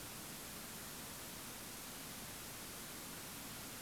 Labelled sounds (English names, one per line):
none